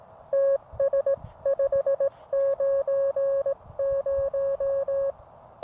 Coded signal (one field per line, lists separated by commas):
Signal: Morse code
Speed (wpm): 18 wpm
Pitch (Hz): 550 Hz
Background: none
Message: TS590